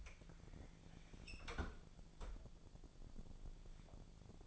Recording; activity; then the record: daily activity, microphone in the room; close fridge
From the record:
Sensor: 5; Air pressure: 1000.2 hPa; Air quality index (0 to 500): 100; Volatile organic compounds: 1 ppm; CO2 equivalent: 813 ppm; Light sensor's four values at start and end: 242/575/246/270 and 237/562/241/264